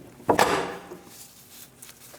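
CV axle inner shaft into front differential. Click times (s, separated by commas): 0.3 s, 0.4 s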